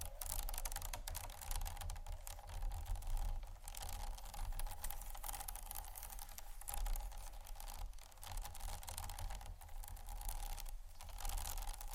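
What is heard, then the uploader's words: Dense scratching runs without pause for the whole stretch, thick with quick rough clicks and small taps that swell and ease every second or two. A steady low hum and a faint held midrange tone sit underneath throughout. ASMR Scratching & Tapping For Sleep（No Talking）.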